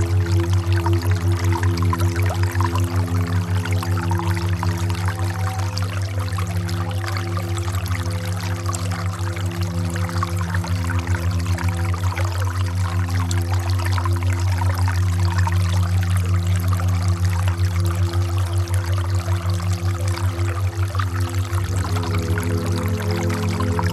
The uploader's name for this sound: 432 Hz + Binaural beats